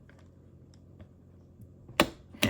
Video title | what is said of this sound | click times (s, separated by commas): NECA or Mythic Legions Table ? Compare and review Frankenstein’s monster or Faker | there's a third click so it can stand all the way up and | 2.0 s